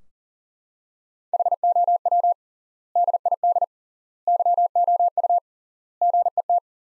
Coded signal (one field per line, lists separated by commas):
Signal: Morse code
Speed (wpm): 40 wpm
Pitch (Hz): 700 Hz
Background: none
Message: HOW DID YOU GET